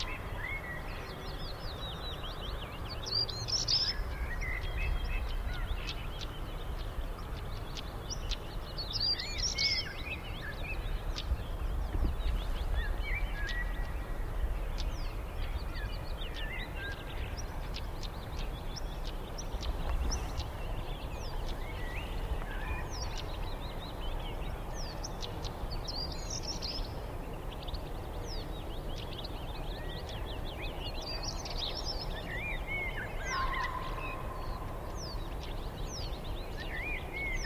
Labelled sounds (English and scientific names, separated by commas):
European Stonechat (Saxicola rubicola)